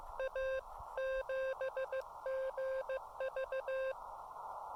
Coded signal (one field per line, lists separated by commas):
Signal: Morse code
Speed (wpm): 15 wpm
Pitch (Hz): 530 Hz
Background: none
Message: A 7GV